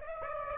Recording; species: mosquito wingbeat signal from an infrared sensor; Aedes aegypti